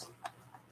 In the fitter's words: but the prongs even though it clicked it's not holding in place